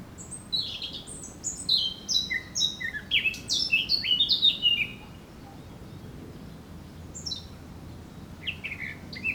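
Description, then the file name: Eurasian blackcap song, a long, lively warble of tumbling high notes, a pause, then a short chirped phrase at the end. "Sylvia atricapilla"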